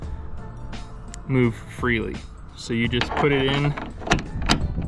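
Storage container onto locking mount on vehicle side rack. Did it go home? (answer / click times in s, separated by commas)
yes / 4.1 s, 4.5 s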